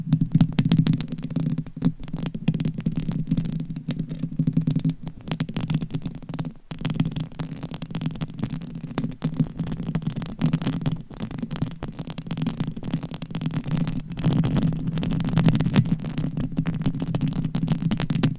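Mic scratching: a dense, continuous rough scraping with a strong low hum underneath, broken by brief dropouts and quick bursts throughout.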